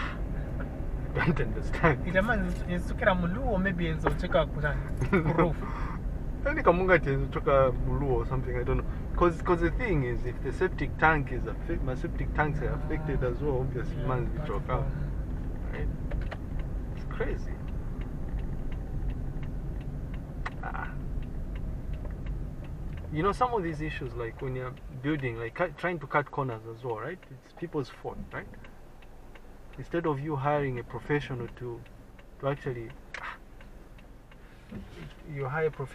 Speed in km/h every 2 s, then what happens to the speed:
26, 27, 27, 27, 28, 27, 27, 26, 24, 23, 20, 14, 4, 0, 0, 0, 0, 0.
0-18 steady at about 27. 18-25 slows to 0. 25-36 standing.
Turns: none.